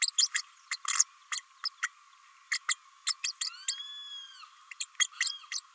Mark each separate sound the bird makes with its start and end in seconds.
0.01-0.11, 0.18-0.28, 0.34-0.42, 0.71-0.77, 0.88-1.04, 1.31-1.41, 1.65-1.69, 1.82-1.88, 2.51-2.58, 2.68-2.75, 3.07-3.14, 3.23-3.32, 3.41-3.49, 3.67-3.75, 4.80-4.85, 4.99-5.07, 5.20-5.32, 5.51-5.59